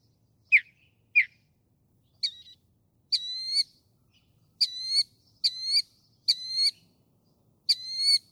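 Northern mockingbird song with two sharp whistled notes, then a series of ringing, harmonic phrases repeated several times with short pauses between.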